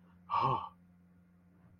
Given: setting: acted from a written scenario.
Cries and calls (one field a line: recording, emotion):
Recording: vocal sound without words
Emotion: relief